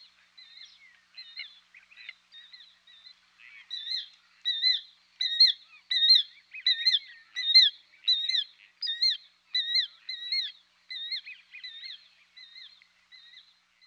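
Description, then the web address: Killdeer calling: a long run of clear, piercing whistled notes, swelling louder in the middle and then fading away. "Dan Gibson Wildlife Identification By Sound, Western North America. Killdeer"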